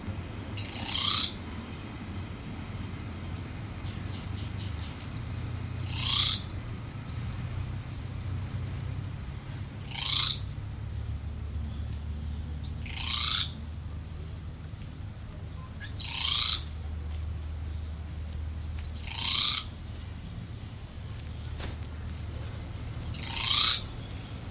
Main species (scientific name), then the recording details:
Procnias nudicollis. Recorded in captivity. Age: adult. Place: Zoo Berlin, Berlin, DE. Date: 2005-08-17 12:47. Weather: fair, 18°C. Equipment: Panasonic RQ-2102, Sennheiser ME 80, Kopie Uher 4000 Report Monitor. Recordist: Tembrock, Günter